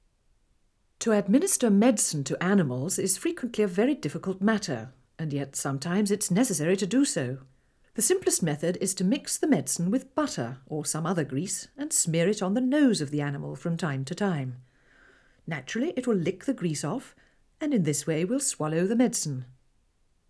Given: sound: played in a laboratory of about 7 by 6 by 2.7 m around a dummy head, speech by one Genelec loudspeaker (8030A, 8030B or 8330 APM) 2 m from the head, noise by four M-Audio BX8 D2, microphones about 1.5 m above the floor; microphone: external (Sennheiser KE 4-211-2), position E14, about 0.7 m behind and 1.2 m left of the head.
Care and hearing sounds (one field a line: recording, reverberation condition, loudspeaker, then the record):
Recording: female speech in English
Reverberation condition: low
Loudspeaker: 120 degrees to the left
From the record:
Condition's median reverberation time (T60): about 310 ms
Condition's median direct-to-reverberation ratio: about 3.5 dB